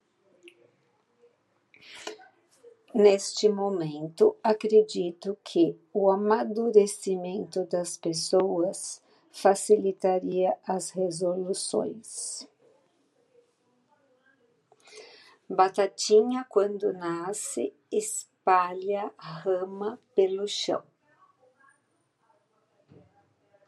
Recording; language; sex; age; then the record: short text; Brazilian Portuguese; female; 50 to 59 years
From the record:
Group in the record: control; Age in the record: 58 years